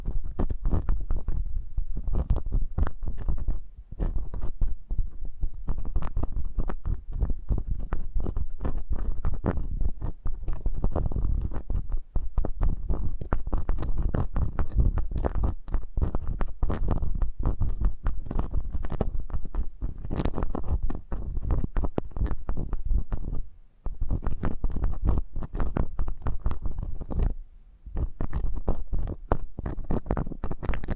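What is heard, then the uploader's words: An ear massage sounds like dense, continuous rubbing and soft thumping, heaviest in the low end with crackly bits flickering higher up. The texture stays busy throughout, with brief quieter dips around 4, 24 and 27 seconds. ASMR Intimate Eardrum Massage.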